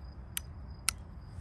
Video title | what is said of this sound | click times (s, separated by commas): Beretta 80x Safety Testing! Uh Oh…. | you hear that that audible click is a false safety you have to go all the way up | 0.4 s, 0.9 s